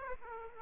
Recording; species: mosquito wingbeat signal from an infrared sensor; Aedes aegypti